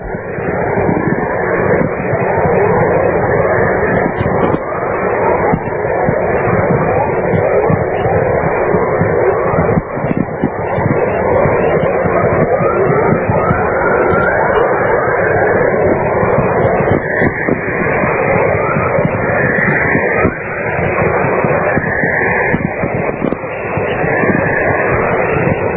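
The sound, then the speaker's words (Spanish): Steady, loud radio static fills the whole recording, with repeated rising chirps and twittering tones like a dawn chorus of birds: the natural VLF radio chorus and whistlers of an aurora borealis, recorded in Grass River Provincial Park, Manitoba, Canada, on 30 August 1996. “uno de los sonidos que vamos a escuchar ahora es una aurora boreal obtenida en Manitoba”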